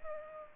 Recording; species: mosquito wingbeat signal from an infrared sensor; Culex pipiens